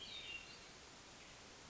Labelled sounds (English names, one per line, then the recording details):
Hermit Thrush
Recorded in Sonoma County, California